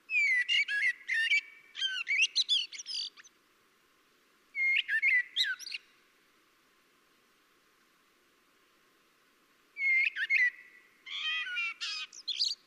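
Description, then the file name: Common blackbird with repeated song phrases: mellow fluted notes running into squeaky high twitters, several phrases separated by pauses. "Turdus merula"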